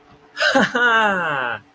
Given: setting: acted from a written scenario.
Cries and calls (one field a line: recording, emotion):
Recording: vocal sound without words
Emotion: realization